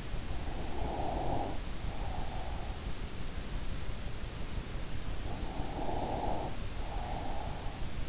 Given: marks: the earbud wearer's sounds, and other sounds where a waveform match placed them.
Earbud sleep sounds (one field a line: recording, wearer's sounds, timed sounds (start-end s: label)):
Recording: sounds in sleep by an in-ear microphone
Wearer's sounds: breath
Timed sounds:
0.55-2.91 s: breath
5.03-8.09 s: breath